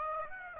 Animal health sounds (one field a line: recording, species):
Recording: mosquito wingbeat signal from an infrared sensor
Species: Aedes aegypti